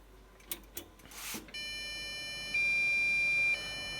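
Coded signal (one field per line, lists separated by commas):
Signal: beep code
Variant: PC POST beep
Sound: a few clicks and rustles, then one continuous electronic beep tone that shifts slightly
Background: handling noise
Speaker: देखिए देखिए जैसे कि इस तरीके से सिस्टम को चालू करते हैं। इस तरीके से बीप आवाज आता है तो आप डायरेक्टली इसका पावर बंद कर दीजिएगा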